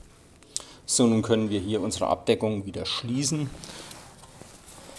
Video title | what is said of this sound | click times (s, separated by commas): SOMMER Stabantenne 868,8 MHz Montage und Montageanleitung | Eindrücken bis die Platine einrastet so | 0.6 s